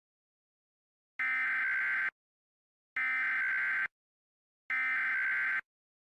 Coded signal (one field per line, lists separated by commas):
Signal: Emergency Alert System (SAME) tones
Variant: header bursts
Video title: The Miami Crashout - An EAS Mock